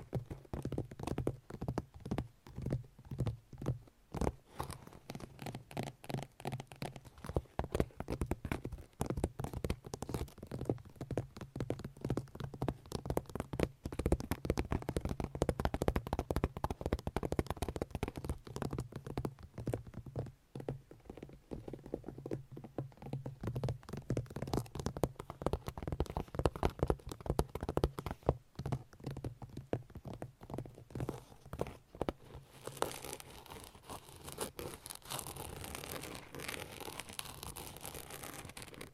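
Long nails scratch and tap in quick, dense bursts of crisp clicks and rasps that run almost without pause, with a low steady hum underneath. Around the last six seconds the sound turns brighter and hissier, like a smoother rubbing stroke.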